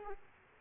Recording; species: mosquito wingbeat signal from an infrared sensor; Aedes aegypti